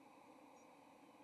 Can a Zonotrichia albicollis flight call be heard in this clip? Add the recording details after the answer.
no. Another species' flight call is heard. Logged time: 07:17 on 30 October 2014